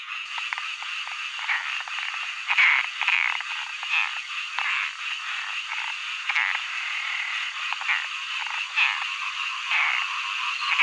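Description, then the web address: Frogs in a dense chorus, overlapping croaks and trills forming a continuous high-pitched wash with occasional louder bursts. Frog songs in early summer. "zvuci-ot-prirodata-za-deca-pesni-na-zabi-07 ranno-lato"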